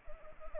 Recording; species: mosquito wingbeat signal from an infrared sensor; Anopheles arabiensis